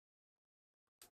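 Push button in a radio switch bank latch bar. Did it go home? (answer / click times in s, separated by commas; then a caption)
no / none. A push button in a radio switch bank's latch bar is pressed but will not stay latched. Faint soft ticks around 0.4 s and 0.7 s and a small tap near 0.9 s lead to a brief, loud, broadband clack at about 1.0 s. The button does not stay down, and nothing has seated or latched.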